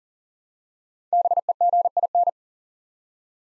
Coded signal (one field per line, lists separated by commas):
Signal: Morse code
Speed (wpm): 40 wpm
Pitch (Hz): 700 Hz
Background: none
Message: BEGIN